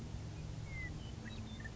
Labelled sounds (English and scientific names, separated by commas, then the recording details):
Western Meadowlark (Sturnella neglecta)
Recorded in Sonoma County, California